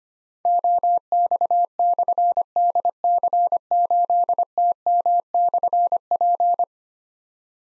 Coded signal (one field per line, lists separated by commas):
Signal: Morse code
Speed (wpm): 25 wpm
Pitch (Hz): 700 Hz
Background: none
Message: OX/DC8TM/P